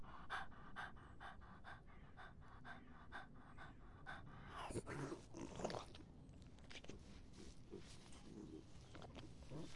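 Dog drinking: quick, regular lapping splashes, about three each second for four seconds, then a few irregular sloshing and shuffling noises.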